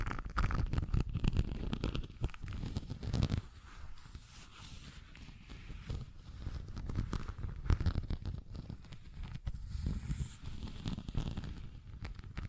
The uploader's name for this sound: ASMR Tapping, Scratching & Zipper Sounds